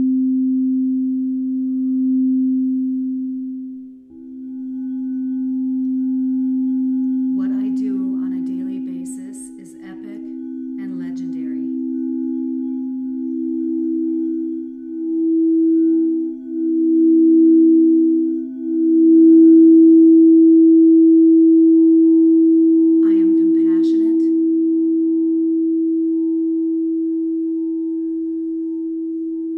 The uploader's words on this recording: Self-Love Sound Bath.